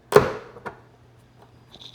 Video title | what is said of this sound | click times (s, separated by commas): Stop Using That Hood Prop Rod! Quadratec Lift Struts Jeep JL/JT Install (Beginner Friendly) | Push and snap, and you're in. | 0.2 s